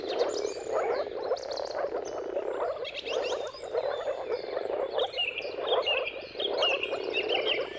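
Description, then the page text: Moor frog chorus of muffled, bubbling calls swelling and easing in waves, with varied bird song in the background. Mating calls of moor frogs in a chorus at sunrise, at the turn of March and April depending on the weather. "earth-fm Jakub-Orzecki moor frogs. Dawn’s Chorus: Mating Calls of Marsh Frogs at Sunrise. Depending on the weather at the turn of March and April, you can witness an amazing spectacle of moor frogs"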